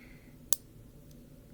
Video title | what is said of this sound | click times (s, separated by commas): Like a Dexcom G6 | couple clicks like that it should just be one but I think one side sorry I think one side kind of clicked in first in | 0.5 s